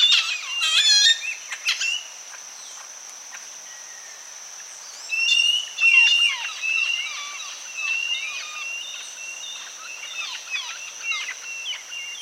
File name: anaca canto